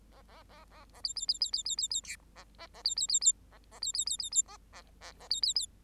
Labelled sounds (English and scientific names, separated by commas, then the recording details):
Bengalese Finch (Lonchura striata domestica) song
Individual Bird8